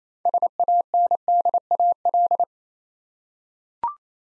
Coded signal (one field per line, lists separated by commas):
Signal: Morse code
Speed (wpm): 28 wpm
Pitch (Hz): 700 Hz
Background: none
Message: SANDAL